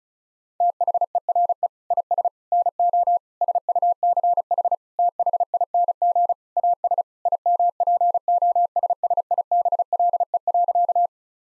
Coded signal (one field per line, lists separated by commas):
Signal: Morse code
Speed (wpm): 36 wpm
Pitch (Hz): 700 Hz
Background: none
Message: THERE IS NO SUCH THING AS IMPOSSIBLE.